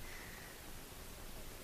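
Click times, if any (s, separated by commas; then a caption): none. A thermal transfer ribbon roll is slid into the rear holder of a Zebra LP 2824 / TLP 2844 label printer and worked into position. A steady, broadband hiss fills the clip, with a faint high tone near the start and no distinct impacts. The roll is only being lined up, and nothing has snapped into place yet.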